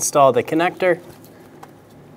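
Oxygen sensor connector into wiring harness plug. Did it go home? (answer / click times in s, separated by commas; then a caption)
yes / 1.6 s. Someone talks briefly, then the new upstream oxygen sensor's plastic electrical connector on a 2003-2007 Honda Accord 3.0L V6 is pushed into the wiring harness plug. A short, sharp click is heard at 1.6 s over quiet background noise. The connector is seated.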